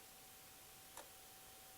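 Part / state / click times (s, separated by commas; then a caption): spindle lock pin into the lathe headstock spindle / seated / 1.0 s. While a wooden bowl blank is mounted on the spindle of a wood lathe, the metal spindle lock pin is engaged into the headstock spindle. Over a steady hiss with a faint constant tone, a single short, sharp click sounds at 1.0 s as the lock drops into place. The spindle lock is seated.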